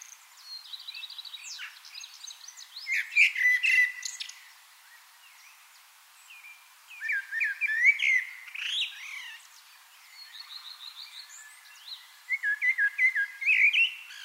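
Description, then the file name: Common blackbird song: several separate warbled, fluty phrases with squeaky high twitters, with short pauses between them. "Turdus merula"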